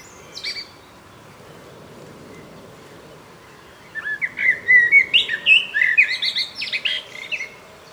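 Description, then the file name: Common blackbird phrase: a brief high note near the start, then after a pause a run of quick warbled and twittering notes, over quiet background hiss. "Turdus merula"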